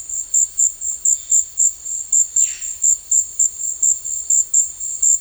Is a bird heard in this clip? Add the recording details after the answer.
yes. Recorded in secondary vegetation near Puerto Asís, Putumayo, Colombia, on 4 March 2025 at 14:00. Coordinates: 0.499, -76.323. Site G094